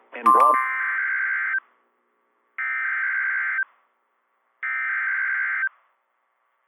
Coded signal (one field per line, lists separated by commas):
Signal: Emergency Alert System (SAME) tones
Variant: header bursts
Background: speech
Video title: REDEFINED MADNESS IV - EAS Alerts from 4/27/26 (EAS #766 - #785)